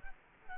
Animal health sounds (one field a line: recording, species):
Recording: mosquito wingbeat signal from an infrared sensor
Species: Culex quinquefasciatus